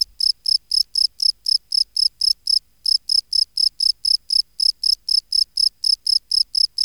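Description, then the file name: Field cricket producing quick, regular high-pitched chirps, roughly four a second, with one short pause midway. "Bio Acoustica Gryllus campestris"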